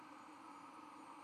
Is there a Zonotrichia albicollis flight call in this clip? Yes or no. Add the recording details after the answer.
no. No flight call is heard. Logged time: 00:53 on 1 November 2014